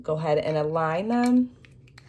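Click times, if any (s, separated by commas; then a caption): none. A metal handle bar from a Nimsqury 2-in-1 adjustable kettlebell set is being aligned into the adjustable weight block to make a dumbbell, while someone talks for most of the clip. After the talking stops, two faint, brief ticks are heard near 1.9 and 2.0 seconds. Nothing has seated or clicked yet; the bar has not been turned right and locked into place.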